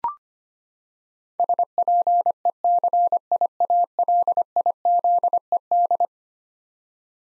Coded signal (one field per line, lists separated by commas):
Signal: Morse code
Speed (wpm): 25 wpm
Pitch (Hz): 700 Hz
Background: none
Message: SPECIALIZED